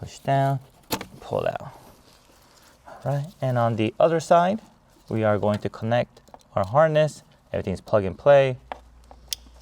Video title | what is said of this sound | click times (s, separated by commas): Fix Weak Bass Fast – Here’s How - 2021 Toyota Venza Beat-Sonic Plug & Play Amplifier | push it in you hear that click | 9.3 s